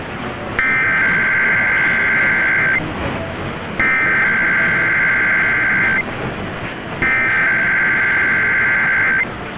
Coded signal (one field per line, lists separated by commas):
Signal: Emergency Alert System (SAME) tones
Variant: header bursts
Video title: Capital District NY RMT (a week late) on WGY (12/14/21)(EAS 1016)